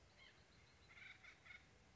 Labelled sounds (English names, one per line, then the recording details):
White-breasted Nuthatch
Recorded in Sonoma County, California